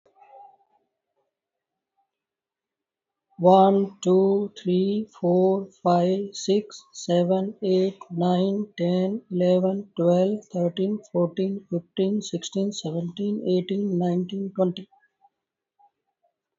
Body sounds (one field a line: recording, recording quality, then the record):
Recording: counting at a normal pace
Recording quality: excellent, no background noise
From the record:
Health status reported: healthy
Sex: male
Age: 53 years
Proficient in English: yes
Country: India